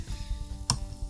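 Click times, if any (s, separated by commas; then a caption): 0.7 s. A replacement drain pump is pushed into the sump of a Jenn-Air dishwasher so it seals, then turned clockwise until its locking tab engages. A single sharp click at 0.7 s marks the pump seating into the sump housing, over a low background of music. No one talks.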